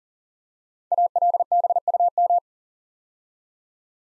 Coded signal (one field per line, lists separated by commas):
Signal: Morse code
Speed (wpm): 42 wpm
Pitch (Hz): 700 Hz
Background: none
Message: ALBUM